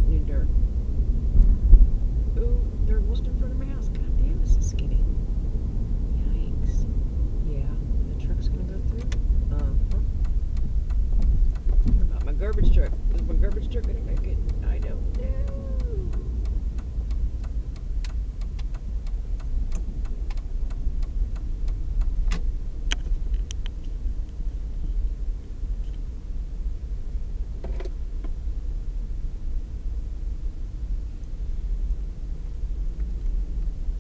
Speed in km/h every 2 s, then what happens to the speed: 27, 27, 29, 29, 18, 13, 15, 16, 11, 8, 8, 8, 8, 8, 8, 8, 8.
0-6 steady at about 27. 6-9 brakes to 13. 9-14 steady at about 15. 14-18 slows to 8. 18-34 steady at about 8.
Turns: 15-21.